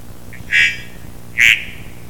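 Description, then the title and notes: Three-wattled bellbird song: two explosive, ringing notes less than a second apart, over steady background noise. Adult male, Panamanian dialect; recorded 28 May 1998 on a clear, sunny day at forest edge, 1600 m elevation, Muñeco de Orosi, Cartago Province. "Canto del Procnias tricarunculata (pájaro campana). Macho adulto, dialecto panameño. Grabado el 28 de mayo de 1998. Locación: A 1600mts de elevación. Borde del bosque. Día claro, asoleado. Muñeco de Orosi. Provincia de Cartago."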